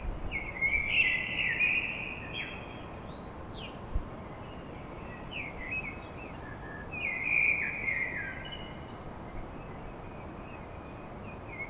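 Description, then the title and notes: Common blackbird song: a run of varied fluty warbles and thin high squeaks, phrases following every few seconds above soft background noise. Song recorded at dawn in Paris. "Blackbird Poetry At Paris On. Enregistrement d'un chant de merle à l'aube dans Paris"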